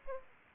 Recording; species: mosquito wingbeat signal from an infrared sensor; Aedes aegypti